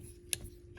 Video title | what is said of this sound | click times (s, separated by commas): 87 Lebaron Headlight Door motor repaired. | just like that snaps in place so | 0.3 s